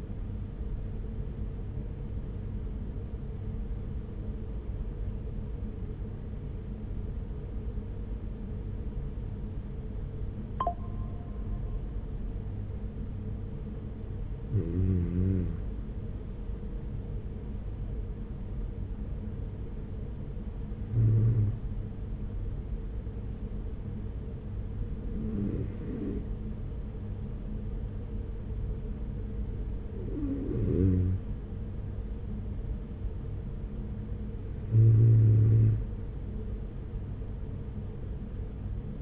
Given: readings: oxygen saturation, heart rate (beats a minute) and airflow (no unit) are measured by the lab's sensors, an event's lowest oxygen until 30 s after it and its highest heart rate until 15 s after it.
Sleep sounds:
breathing in sleep by a smartphone at the bedside; none
none scored
From the record:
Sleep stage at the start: REM sleep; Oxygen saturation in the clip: 93 to 95%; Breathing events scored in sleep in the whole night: 210 in 6.9 hours asleep

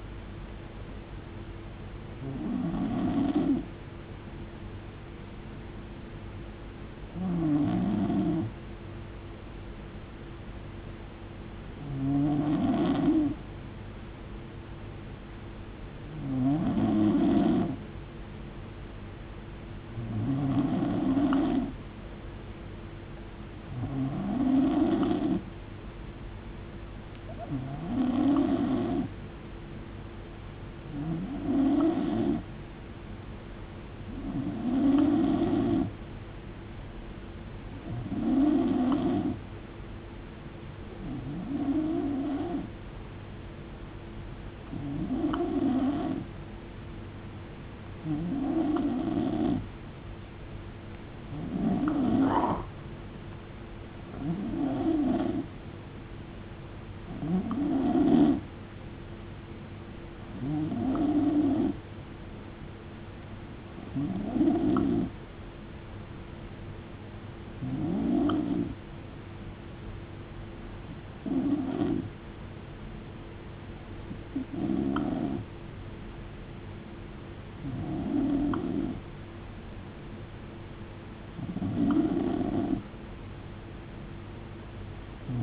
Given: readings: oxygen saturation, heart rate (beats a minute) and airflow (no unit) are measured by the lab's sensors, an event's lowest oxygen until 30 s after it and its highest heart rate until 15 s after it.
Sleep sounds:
breathing in sleep by a voice recorder at the bedside; 1
3.00-25.30 s: hypopnea (N2, oxygen 94% highest, then 88% lowest, heart rate 53 at the start, 76 highest)
From the record:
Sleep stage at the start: N2 (light sleep); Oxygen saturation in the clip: 87 to 94%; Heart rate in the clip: 52 to 76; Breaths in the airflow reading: 24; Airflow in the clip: -7.0 to 6.3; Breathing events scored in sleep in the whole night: 389 in 6.3 hours asleep

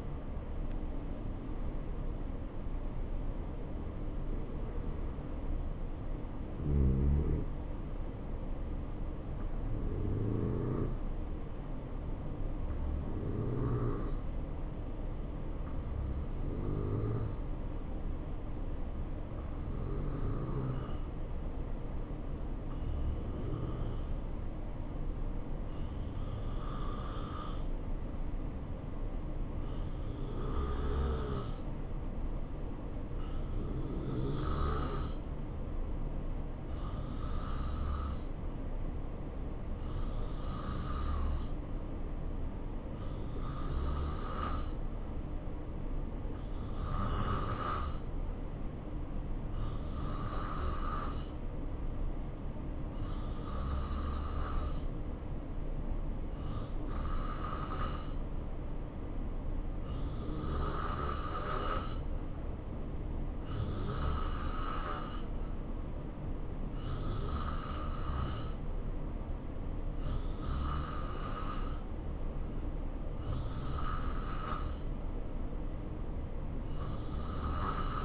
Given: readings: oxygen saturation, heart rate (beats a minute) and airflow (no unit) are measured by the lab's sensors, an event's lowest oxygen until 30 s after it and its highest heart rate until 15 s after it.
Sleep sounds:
breathing in sleep by a smartphone at the bedside; 1
10.00-63.10 s: hypopnea (N2, oxygen 94% highest, then 88% lowest, heart rate 67 at the start, 72 highest)
From the record:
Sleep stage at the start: N2 (light sleep); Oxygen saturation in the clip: 87 to 94%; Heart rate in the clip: 66 to 77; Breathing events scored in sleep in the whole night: 277 in 7.4 hours asleep

